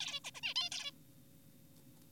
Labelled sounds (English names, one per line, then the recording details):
Zebra Finch
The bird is an adult
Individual g4p5U